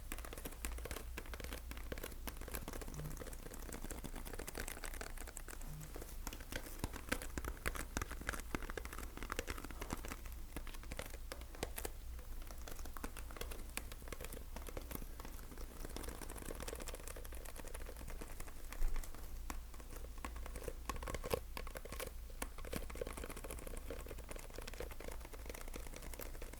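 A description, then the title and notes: Sticky tape being handled: a dense, crackling stream of tiny clicks and crinkles runs through the whole recording, bright and irregular. A low steady hum sits underneath, with one sharper snap near nineteen seconds. ASMR Sticky Tapping.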